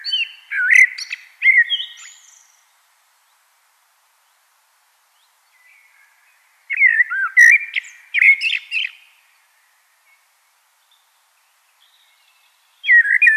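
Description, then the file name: Common blackbird singing mellow fluted warbled phrases with thin high twitters, separated by long silent pauses. "Turdus merula"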